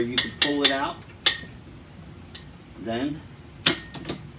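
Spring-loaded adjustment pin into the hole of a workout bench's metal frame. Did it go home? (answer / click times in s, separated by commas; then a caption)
yes / 3.7 s. On a Leike workout bench, the spring-loaded adjustment pin is pulled out of its hole in the metal frame, the frame is repositioned, and the pin is let go while someone talks. Sharp metallic clacks ring out around 1.3 s, and the pin clicks into place at 3.7 s, seated, followed by a few faint rattles.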